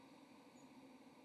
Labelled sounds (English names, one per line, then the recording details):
White-throated Sparrow flight call
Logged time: 09:21 on 1 November 2014